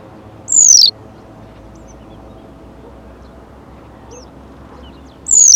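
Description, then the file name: Western yellow wagtail giving a sharp, high 'tsweep' that slides downward, then silence, and another similar call starting right at the end. "Bergeronnette-printanière- -Motacilla-flava"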